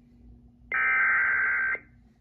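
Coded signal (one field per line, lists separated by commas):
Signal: Emergency Alert System (SAME) tones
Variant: header bursts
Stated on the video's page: Severe Thunderstorm Warning received on a Reecom R-1630 weather radio into a SAGE EAS ENDEC, stored and replayed in a closed system; nothing transmitted.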